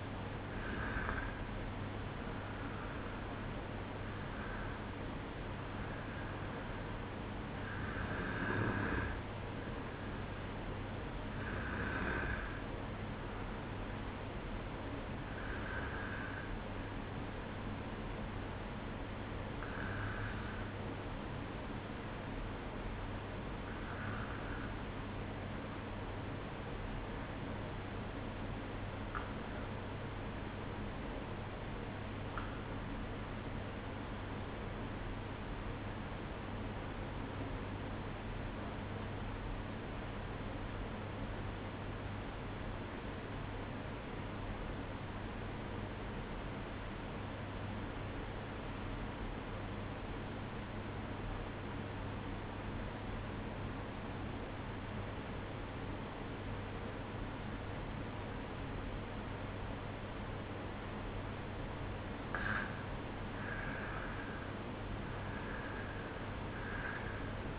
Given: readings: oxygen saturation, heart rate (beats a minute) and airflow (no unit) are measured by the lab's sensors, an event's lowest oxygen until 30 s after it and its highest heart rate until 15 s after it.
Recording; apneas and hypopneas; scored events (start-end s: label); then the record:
breathing in sleep by a voice recorder at the bedside; 1
28.00-59.40 s: obstructive apnea (N1, oxygen 96% highest, then 92% lowest, heart rate 54 at the start, 64 highest)
From the record:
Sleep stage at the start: N1 (lightest sleep); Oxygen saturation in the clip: 92 to 96%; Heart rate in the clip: 54 to 64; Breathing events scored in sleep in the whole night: 305 in 9.6 hours asleep